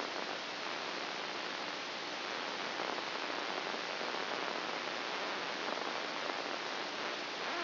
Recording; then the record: brain microelectrode recording played as sound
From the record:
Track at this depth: inside the subthalamic nucleus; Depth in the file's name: 3.004 mm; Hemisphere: right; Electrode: 2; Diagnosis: Parkinson's disease